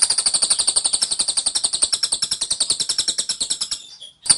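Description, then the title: Scaly-crowned honeyeater giving a rapid, even rattle of high, sharp clicks, fading near the end before a short final note. Rapid-fire 'tembakan' song style, described as dense, insistent and long-lasting from an actively singing bird; used as a training recording for Oriental magpie-robins. "Tembakan Cililin Rapat Ngotot Durasi Panjang Suara Cililin Gacor Untuk Masteran Murai Batu"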